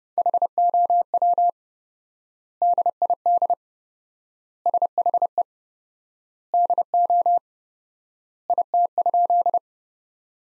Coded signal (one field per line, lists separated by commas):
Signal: Morse code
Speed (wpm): 30 wpm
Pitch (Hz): 700 Hz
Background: none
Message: HOW DID SHE DO IT?